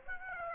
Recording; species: mosquito wingbeat signal from an infrared sensor; Aedes aegypti